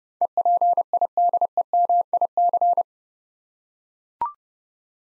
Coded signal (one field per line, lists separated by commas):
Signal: Morse code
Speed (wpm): 30 wpm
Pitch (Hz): 700 Hz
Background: none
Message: EPIDEMIC